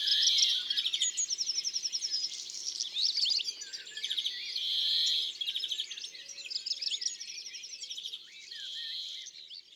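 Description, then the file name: European greenfinch song: a steady flow of fast twitters and trilled runs, mixed with several long nasal wheezes that swell and fade across the phrase. "Verdier-d Europe-ABC-des-chants-doiseaux"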